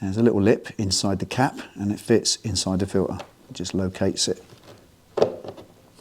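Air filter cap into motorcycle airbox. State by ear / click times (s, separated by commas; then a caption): seated / 5.2 s. Someone talks while the airbox cap, which has a small internal lip that locates inside the air filter, is pushed home on the airbox of a Honda CB 1300 motorcycle during an air filter change. A sharp snap is heard at 5.2 seconds as the cap snaps into place and is seated.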